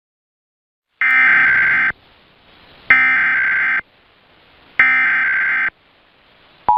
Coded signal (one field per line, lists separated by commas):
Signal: Emergency Alert System (SAME) tones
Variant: header bursts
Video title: EAS Alerts from 4/18-4/30/24 [EAS #1,314-1,319]